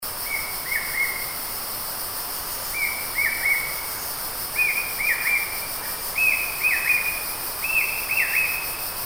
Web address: large hawk-cuckoo